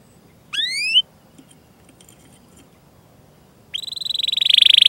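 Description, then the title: Canary song: a sharp rising whistled note, a pause with faint ticks, then a bright rising whistle running into a rapid ringing trill. Canary singing vigorously (gacor) with cengkok phrasing and isian fills, for bird-song training. "Kenari Gacor Cengkok Isian Kenarigacor Kicaumania Kenari"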